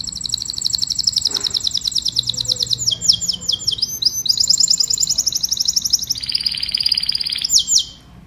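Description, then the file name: Domestic canary song of continuous rapid trills, each tour changing pitch and speed, with a brief buzzy trilled passage before it stops. "Tieng chim hoang yen hot"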